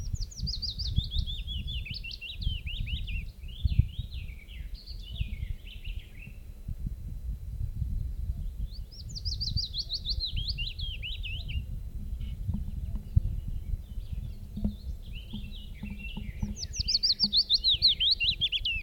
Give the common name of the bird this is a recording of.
Willow Warbler